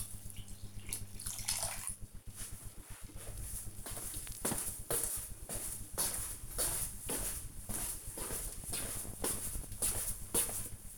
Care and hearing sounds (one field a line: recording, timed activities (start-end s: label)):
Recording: household activities, microphone on the right wrist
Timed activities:
0.00-10.98 s: watering plant